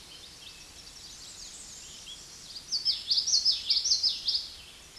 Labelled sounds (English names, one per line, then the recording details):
Common Yellowthroat song
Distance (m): 15 m
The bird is about 10 m above the microphone
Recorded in a Pennsylvania forest on 16 May 2024 at 08:35
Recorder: AudioMoth, point MSD-2061
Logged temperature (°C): 16.1 °C
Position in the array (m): 240 m, 177 m